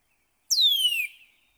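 Northern cardinal song note: one loud clear whistle sliding steeply down from high to mid pitch over about half a second, with no other sounds.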